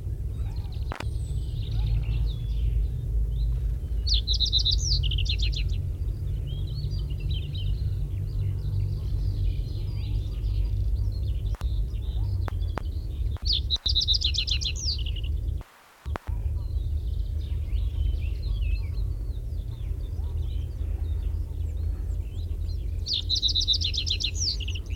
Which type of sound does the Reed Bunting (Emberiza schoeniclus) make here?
song